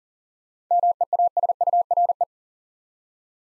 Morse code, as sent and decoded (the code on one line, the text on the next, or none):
-- . .- ... ..- .-. .
MEASURE